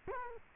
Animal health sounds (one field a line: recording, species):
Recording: mosquito wingbeat signal from an infrared sensor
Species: Culex quinquefasciatus